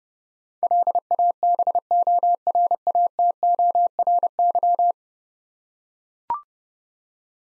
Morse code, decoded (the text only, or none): LABORATORY